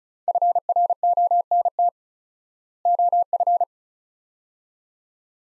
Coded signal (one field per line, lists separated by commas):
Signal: Morse code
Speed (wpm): 36 wpm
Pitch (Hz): 700 Hz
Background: none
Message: FRONT OF